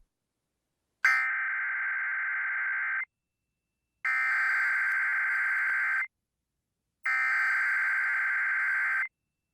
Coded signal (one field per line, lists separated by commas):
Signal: Emergency Alert System (SAME) tones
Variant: header bursts